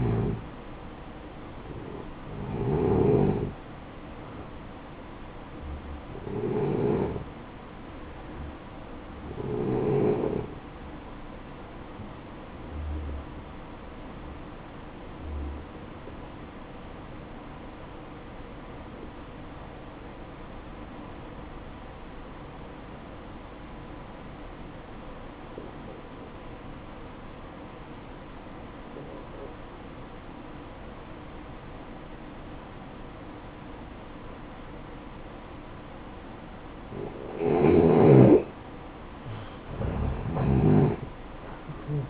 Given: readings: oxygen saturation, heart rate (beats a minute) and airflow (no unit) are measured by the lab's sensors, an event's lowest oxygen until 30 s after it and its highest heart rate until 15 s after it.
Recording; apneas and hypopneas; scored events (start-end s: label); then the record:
a person awake in a sleep study, by a voice recorder at the bedside; 1
13.00-42.10 s: new sleep stage, awake
16.00-36.70 s: obstructive apnea (scored as awake, oxygen 94% highest, then 88% lowest, heart rate 60 at the start, 68 highest)
16.00-42.10 s: awake
From the record:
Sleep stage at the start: N1 (lightest sleep); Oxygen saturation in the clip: 85 to 94%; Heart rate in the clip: 55 to 74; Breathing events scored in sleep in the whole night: 573 in 9.8 hours asleep